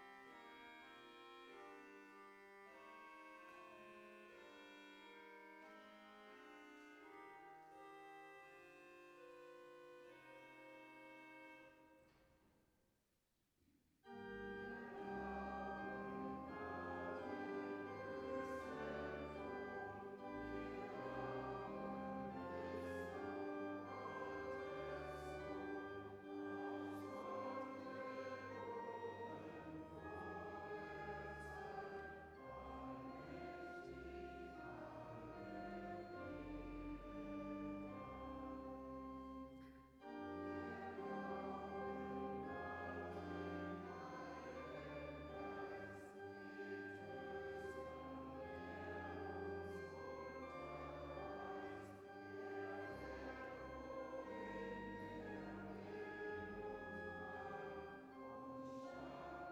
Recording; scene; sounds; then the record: everyday scene through a hearing-aid microphone; reverberant space; music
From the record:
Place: church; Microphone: behind the ear, right, front